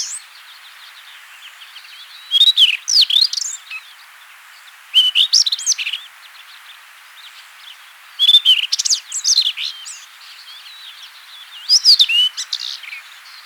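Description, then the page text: Rufous-tailed Scrub Robin song: short bursts of clear, varied whistled phrases mixed with sharp clicks, about every three seconds, with pauses of quiet background hiss between. "Rufous-Tailed Scrub Robin Song. Quick Sounds"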